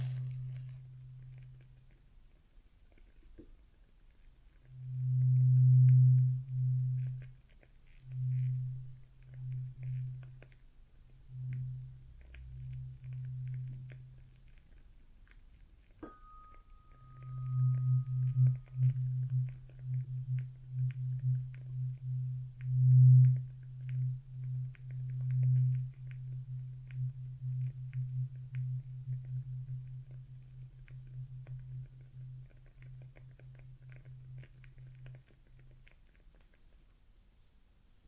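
Traditional Chinese ear cleaning: a low, muffled buzzing rumble comes in pulsing bursts from about five to fourteen seconds, then runs almost continuously from seventeen to thirty-five seconds with a rapid flutter. A brief thin tone sounds near sixteen seconds, and faint scratchy ticks sit behind.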